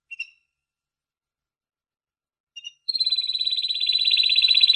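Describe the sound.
Canary trill: two faint brief chips, then a continuous fast rolling trill for the final two seconds.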